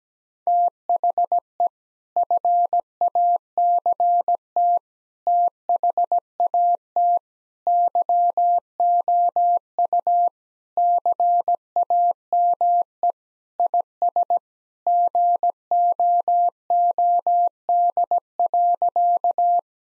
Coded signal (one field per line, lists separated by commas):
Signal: Morse code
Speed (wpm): 17 wpm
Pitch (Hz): 700 Hz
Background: none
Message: THE FACT THAT YOU CAME IS GOOD.